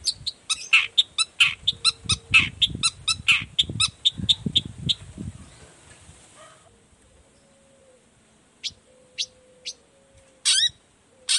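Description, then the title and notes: Long-tailed shrike song: fast series of sharp chattering notes with low rumbling background noise, then quiet, followed by a few scattered calls. Morning singing with varied 'toet toet' notes, used as a lure to make other shrikes of any type reply quickly and open their beaks. "Cendet Gacor Dor Di Kala Pagi Toet Toet Variasi Suara. Cendet Gacor Efektif Pancingan Buat Cendet Jenis Apapun Agar Cepat Nyaut Buka Paruh. Burung cendet"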